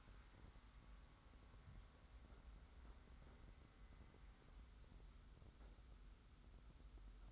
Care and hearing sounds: daily activity, microphone in the room; wipe stove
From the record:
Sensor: 3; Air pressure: 991.4 hPa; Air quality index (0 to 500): 147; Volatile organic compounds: 432 ppm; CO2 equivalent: 4723 ppm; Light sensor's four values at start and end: 51/139/57/50 and 51/139/57/50

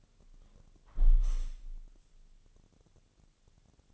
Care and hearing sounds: daily activity, microphone in the room; close window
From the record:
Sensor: 4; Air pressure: 1001.2 hPa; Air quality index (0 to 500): 175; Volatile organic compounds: 2 ppm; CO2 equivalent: 1254 ppm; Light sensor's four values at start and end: 12/27/11/12 and 12/27/11/12

